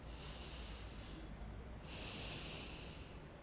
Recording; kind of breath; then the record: one breath in and out by a microphone near the nose and mouth; deep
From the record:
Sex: male